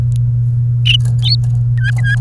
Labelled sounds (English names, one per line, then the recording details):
Domestic Canary song
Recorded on 29 April 2018 at 13:46
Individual llb3